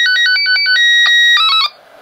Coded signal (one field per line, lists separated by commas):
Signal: SSTV (slow-scan television)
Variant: Robot 36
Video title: SSTV fun - Kenwood VC-H1